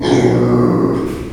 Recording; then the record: squeal of a Yucatan mini pig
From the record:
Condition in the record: before surgery on the right vocal fold (resection and tissue-engineered implant); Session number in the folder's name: 1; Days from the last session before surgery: -3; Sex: male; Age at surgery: 12 weeks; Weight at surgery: 13 kg